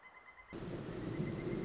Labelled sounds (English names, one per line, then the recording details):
Pileated Woodpecker
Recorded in Sonoma County, California